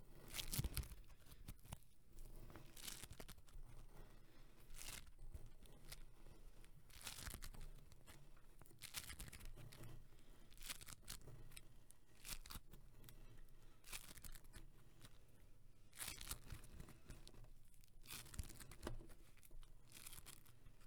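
Floam squishing with sticky, crackly sounds, heard as short bright bursts and pops scattered irregularly across the whole span, roughly every second or two. Between the bursts a soft, steady low rumble and faint crinkling continue, with a stronger cluster near the start.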